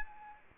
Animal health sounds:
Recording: mosquito wingbeat signal from an infrared sensor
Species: Anopheles arabiensis

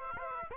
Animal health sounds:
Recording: mosquito wingbeat signal from an infrared sensor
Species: Aedes aegypti

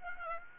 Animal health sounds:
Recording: mosquito wingbeat signal from an infrared sensor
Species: Aedes aegypti

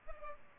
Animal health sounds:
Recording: mosquito wingbeat signal from an infrared sensor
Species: Culex pipiens

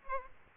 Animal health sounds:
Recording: mosquito wingbeat signal from an infrared sensor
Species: Aedes aegypti

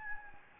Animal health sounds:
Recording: mosquito wingbeat signal from an infrared sensor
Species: Anopheles gambiae

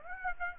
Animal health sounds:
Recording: mosquito wingbeat signal from an infrared sensor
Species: Aedes aegypti

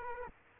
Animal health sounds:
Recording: mosquito wingbeat signal from an infrared sensor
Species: Culex quinquefasciatus

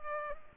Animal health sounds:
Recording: mosquito wingbeat signal from an infrared sensor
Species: Culex pipiens

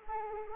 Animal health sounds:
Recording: mosquito wingbeat signal from an infrared sensor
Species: Anopheles arabiensis

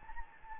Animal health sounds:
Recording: mosquito wingbeat signal from an infrared sensor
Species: Anopheles gambiae

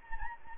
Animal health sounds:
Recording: mosquito wingbeat signal from an infrared sensor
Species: Anopheles gambiae

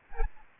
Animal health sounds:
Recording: mosquito wingbeat signal from an infrared sensor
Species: Aedes albopictus

